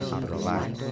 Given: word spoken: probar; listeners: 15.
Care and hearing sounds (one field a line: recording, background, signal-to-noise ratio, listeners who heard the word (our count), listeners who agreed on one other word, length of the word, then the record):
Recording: one Spanish word in noise, from a listening test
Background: eight-talker babble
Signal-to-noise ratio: -2.0 dB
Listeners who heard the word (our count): 1 of 15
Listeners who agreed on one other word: 11 of 15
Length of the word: 0.52 s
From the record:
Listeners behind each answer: 11, 2, 1, 1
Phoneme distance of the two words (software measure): 7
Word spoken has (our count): 2 syllables, 6 phonemes, stress on syllable 2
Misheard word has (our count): 3 syllables, 7 phonemes, stress on syllable 3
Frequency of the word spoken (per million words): 19.71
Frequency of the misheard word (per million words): 13.75